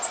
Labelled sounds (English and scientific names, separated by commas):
Orange-crowned Warbler (Leiothlypis celata) flight call